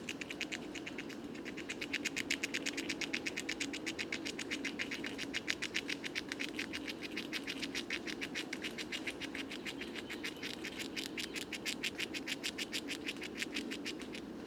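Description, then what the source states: Eurasian red squirrel gnawing, a long, dense, rapid train of crisp clicks, steady and unbroken throughout, over soft low background noise. Bois de Vincennes, 23 November 2018, foggy, 5°C; gorging on seeds of many fruiting conifers before winter rest.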